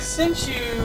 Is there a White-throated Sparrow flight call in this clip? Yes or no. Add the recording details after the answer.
no. No flight call is heard. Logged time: 01:19 on 4 September 2014